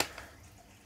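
The locking lever on an Oase BioMaster Thermo 850 external aquarium filter is closed and snaps shut with a sharp click at 0.0 s, followed by a softer tap at about 0.2 s. The sound then fades into quiet, and the lever is locked in place.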